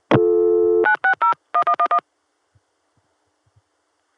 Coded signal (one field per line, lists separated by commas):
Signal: DTMF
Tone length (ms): 80 ms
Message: 9601111